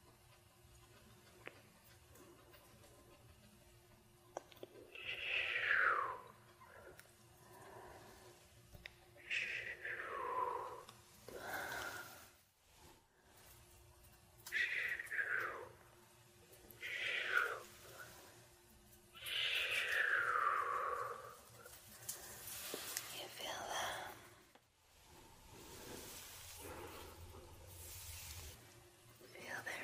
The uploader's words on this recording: ASMR Sleepy Scalp Massage & Face Massage.